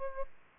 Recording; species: mosquito wingbeat signal from an infrared sensor; Aedes aegypti